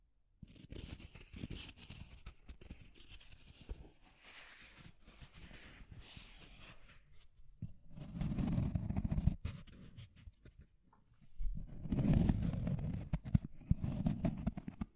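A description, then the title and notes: Deep scratching runs through the recording, a rough, low grinding made of rapid irregular strokes. It starts after a brief silence, stays fairly quiet until about seven seconds, then swells into heavier bursts near eight and again from twelve seconds, with a short lull between. Deep Scratching. (No Talking).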